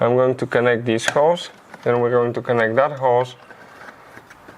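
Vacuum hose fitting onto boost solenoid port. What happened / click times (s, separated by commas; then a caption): The hose connector is handled but has not clicked home yet / none. Someone talks while lining up a vacuum hose fitting on the port of a BMW boost solenoid during its replacement. Faint handling noises follow near 4.2 and 4.3 seconds, and nothing has seated or clicked yet by the end of the clip.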